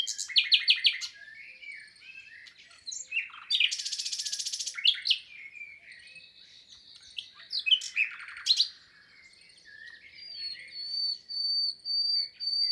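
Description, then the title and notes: Common nightingale song: rapid repeated notes, a long loud buzzy rattle, then varied whistles and chuckles. Singing in spring, 22 April 2020, Lesches-en-Diois, France; third recording since the birds' arrival, amid human silence; Nagra Seven with MKH8040 stereo. "LE TÉNOR DES LISIÈRES. 22 avril 2020-Lesches en diois. le chant du Rossignol Philomène (Luscinia megarhynchos)"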